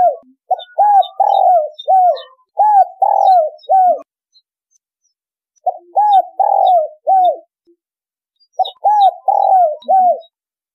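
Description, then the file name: Spotted dove repeating its coo phrase three times, each a run of arched notes with a longer middle coo; light chirping behind. Spotted dove song in the giọng thổ đồng style. "tieng cu gay giong tho dong"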